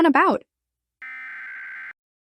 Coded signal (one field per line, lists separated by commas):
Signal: Emergency Alert System (SAME) tones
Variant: header bursts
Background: speech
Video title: Hidden In The Frost [EAS Scenario / Analog Horror] (#12 - Fall Brawl Special)